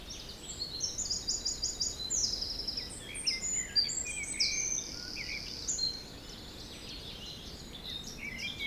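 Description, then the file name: Birdsong chorus of several birds: high trilled phrases and rapid chirping series overlap throughout, with soft wind noise underneath. Forest in spring, windy (3 Beaufort), recorded at 1 pm. "Forest Spring Birds Windy 3 bft 1 pm"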